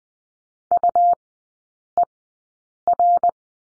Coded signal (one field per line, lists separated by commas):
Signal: Morse code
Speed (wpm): 20 wpm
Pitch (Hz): 700 Hz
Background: none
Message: UER